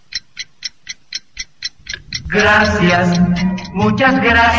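A clock ticks in a steady, even rhythm, about eight crisp ticks, then a loud, bright warbling of a little bird's trilling song bursts in and fills the rest, in a radio time-check spot for the Omega watch and jewelry shop on 1 Sur between 9 and 10 Oriente, 'the block where the little bird sings'.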